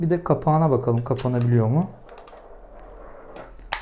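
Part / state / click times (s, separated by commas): battery compartment cover on a game controller / seated / 3.7 s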